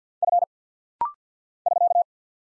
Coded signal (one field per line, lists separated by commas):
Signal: Morse code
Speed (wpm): 49 wpm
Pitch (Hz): 700 Hz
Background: none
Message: F <SK>